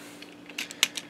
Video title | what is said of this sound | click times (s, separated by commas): Transformers Masterpiece Bumblebee and Spike MP-21 Overview & Stop Motion Video | and it just kind of uh clicks into place down here right next to where you put the spare tire | 0.8 s